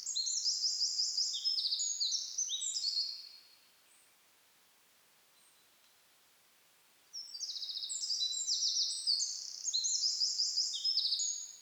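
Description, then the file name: Eurasian wren song, two loud bursts of rapid high trills and sharp notes, separated by a silent gap. "Troglodytes troglodytes"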